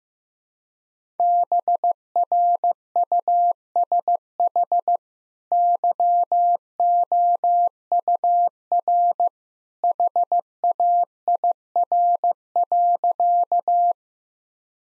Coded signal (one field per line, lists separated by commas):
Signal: Morse code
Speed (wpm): 15 wpm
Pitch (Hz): 700 Hz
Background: none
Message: BRUSH YOUR HAIR.